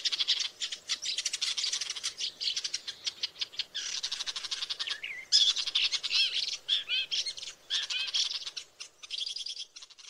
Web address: sound Woodchat-shrike. صدای-پرنده-سنگ-چشم-کله-سرخ